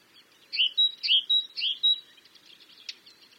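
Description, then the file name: Great tit singing three clear two-note phrases in quick succession, followed by fainter scratchy twittering and a single sharp click. "Parus major"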